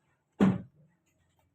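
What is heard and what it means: A plastic push pin of a CPU heatsink is turned by hand in its motherboard mounting hole before being pressed down. A short, broadband handling rustle rises at about 0.4 s and fades by about 0.9 s, followed by near silence. Nothing has seated or clicked yet.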